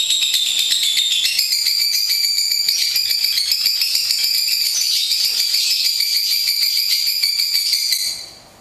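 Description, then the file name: Lovebird pouring out a fast, unbroken stream of shrill, rattling chatter that shifts slightly in pitch, then stops abruptly near the end. Long ngekek. "lovebird-ngekek-panjang-3-omkicau"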